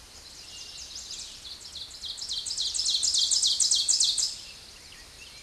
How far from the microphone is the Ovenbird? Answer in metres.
about 5 m